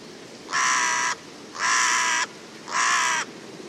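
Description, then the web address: Bird: three coarse, grating caws from a bird, each held about half a second and spaced evenly about a second apart, with steady low hiss behind. "cianscape. Deverinetal 2025. Bird Only"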